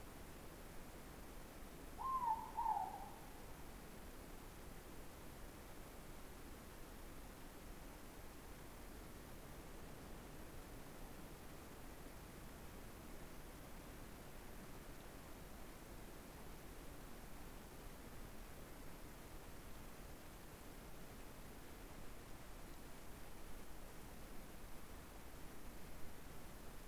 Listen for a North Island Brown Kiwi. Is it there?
no